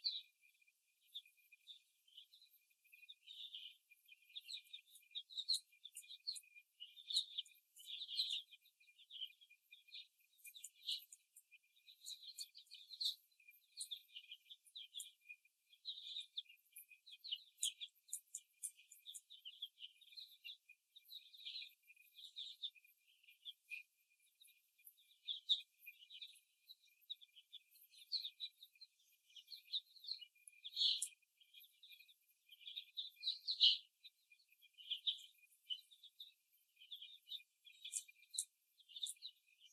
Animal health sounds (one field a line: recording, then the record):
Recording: young laying hens in a cage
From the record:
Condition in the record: before the stressor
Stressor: simulated dog barking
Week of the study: 1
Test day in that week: 2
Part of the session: 1